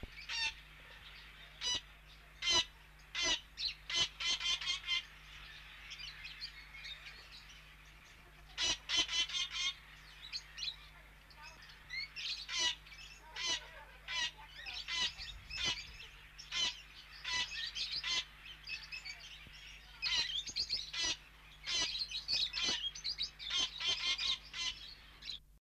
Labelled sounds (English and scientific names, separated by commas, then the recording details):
Long-tailed Parakeet (Psittacula longicauda) call
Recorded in captivity
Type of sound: call
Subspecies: longicauda
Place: Vogelpark Walsrode, Niedersachsen, DE
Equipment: Halbspur, 9,5 cm/s
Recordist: Lütgens, Hans
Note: Rufe